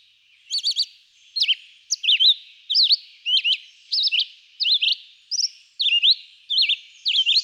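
Red-eyed vireo song: short slurred whistled phrases, each varying, given about every three-quarters of a second with brief pauses between.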